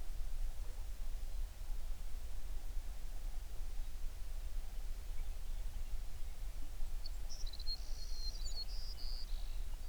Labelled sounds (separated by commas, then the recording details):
songbird
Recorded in the Prudhoe Bay oil fields, Alaska, on 11 June 2019 at 05:28
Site 21